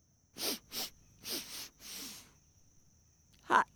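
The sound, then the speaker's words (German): An animal sniffs four times in short, breathy bursts at white flour spilled on the ground from a fallen sack by a farm gate, then after a brief pause lets out one sharp, loud sneeze. “Ob ich mal daran schnuppere?”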